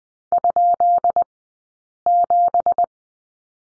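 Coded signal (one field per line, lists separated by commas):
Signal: Morse code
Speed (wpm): 20 wpm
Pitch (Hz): 700 Hz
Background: none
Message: ?7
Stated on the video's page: Morse course lesson on the number 7 at Farnsworth speed 20/10 wpm.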